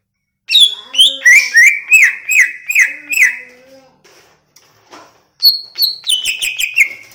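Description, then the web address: Greater green leafbird song: a rapid series of rich whistled notes, then a pause with soft clicks, then another fast burst of falling whistles. Banyuwangi; described as gacor (singing persistently). "cucak-ijo suara-cucak-ijo-banyuwangi-gacor"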